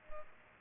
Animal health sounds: mosquito wingbeat signal from an infrared sensor; Culex quinquefasciatus

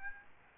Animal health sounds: mosquito wingbeat signal from an infrared sensor; Aedes albopictus

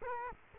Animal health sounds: mosquito wingbeat signal from an infrared sensor; Culex quinquefasciatus

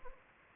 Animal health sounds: mosquito wingbeat signal from an infrared sensor; Anopheles arabiensis

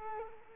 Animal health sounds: mosquito wingbeat signal from an infrared sensor; Culex quinquefasciatus

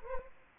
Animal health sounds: mosquito wingbeat signal from an infrared sensor; Anopheles arabiensis

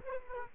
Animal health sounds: mosquito wingbeat signal from an infrared sensor; Aedes aegypti

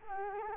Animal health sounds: mosquito wingbeat signal from an infrared sensor; Culex quinquefasciatus

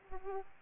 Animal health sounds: mosquito wingbeat signal from an infrared sensor; Aedes aegypti

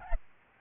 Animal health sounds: mosquito wingbeat signal from an infrared sensor; Aedes albopictus

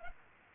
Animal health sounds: mosquito wingbeat signal from an infrared sensor; Culex pipiens

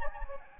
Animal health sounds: mosquito wingbeat signal from an infrared sensor; Anopheles gambiae

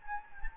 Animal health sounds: mosquito wingbeat signal from an infrared sensor; Anopheles gambiae

